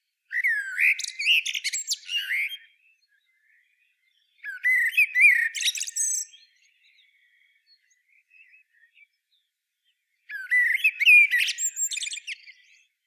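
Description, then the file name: Common blackbird singing three separate phrases, mellow fluty notes running into scratchy high twittering, with long silent pauses and a few faint notes between phrases. "Turdus merula"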